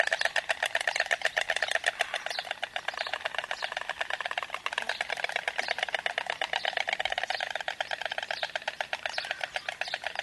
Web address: animali da guardare. Cicogna bianca